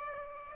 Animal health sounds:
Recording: mosquito wingbeat signal from an infrared sensor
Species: Aedes aegypti

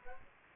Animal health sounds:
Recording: mosquito wingbeat signal from an infrared sensor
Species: Aedes aegypti

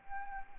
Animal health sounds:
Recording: mosquito wingbeat signal from an infrared sensor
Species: Anopheles arabiensis

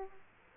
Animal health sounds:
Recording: mosquito wingbeat signal from an infrared sensor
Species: Aedes aegypti

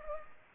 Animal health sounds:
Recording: mosquito wingbeat signal from an infrared sensor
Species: Culex pipiens

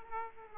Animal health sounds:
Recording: mosquito wingbeat signal from an infrared sensor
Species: Aedes aegypti

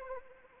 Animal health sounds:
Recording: mosquito wingbeat signal from an infrared sensor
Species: Anopheles arabiensis

